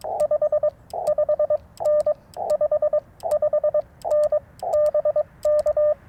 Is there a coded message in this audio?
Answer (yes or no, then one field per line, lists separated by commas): yes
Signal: Morse code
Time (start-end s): 0.2-5.9 s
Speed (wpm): 20 wpm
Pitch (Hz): 600 Hz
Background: none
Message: 55N 55N BK